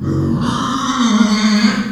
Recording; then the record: squeal of a Yucatan mini pig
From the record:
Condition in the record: after surgery on the right vocal fold (resection and tissue-engineered implant); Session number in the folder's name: 14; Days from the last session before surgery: 133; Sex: female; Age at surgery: 19 weeks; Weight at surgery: 25 kg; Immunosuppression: prednisolone